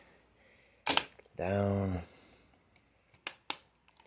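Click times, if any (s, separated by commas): 3.3 s, 3.5 s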